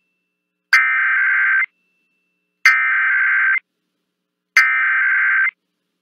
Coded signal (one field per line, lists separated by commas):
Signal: Emergency Alert System (SAME) tones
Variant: header bursts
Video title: EAS 2x Required Monthly Test Nevada (South and East) KLAV +WeatherSTAR4000